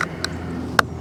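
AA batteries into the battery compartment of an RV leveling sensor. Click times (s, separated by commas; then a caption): 0.8 s. AA batteries that had been sitting loose, not clicked into place, are pressed back into the battery compartment of a Rhino Pro RV leveling sensor. Two faint ticks at 0.0 and 0.2 s come first, then a sharp, bright click at 0.8 s as the batteries snap into the holder and seat.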